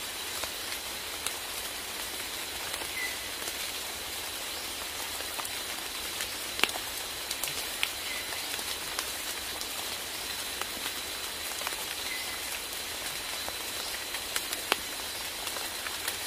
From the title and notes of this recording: Rainforest Sleep Sounds. Rainforest sounds.